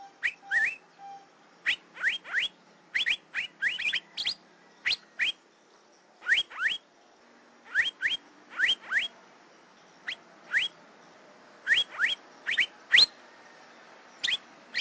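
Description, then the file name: Asian fairy-bluebird giving repeated pairs and triplets of sharp upward-flicked whistled notes throughout. "suara kacembang gadung"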